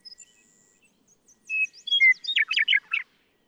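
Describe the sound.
Western meadowlark singing; faint high notes, then clear slurred whistles stepping into a rich, bubbling, jumbled flourish that ends abruptly.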